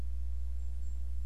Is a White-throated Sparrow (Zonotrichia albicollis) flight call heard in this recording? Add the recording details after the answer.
no. No flight call is heard. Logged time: 02:38 on 18 September 2014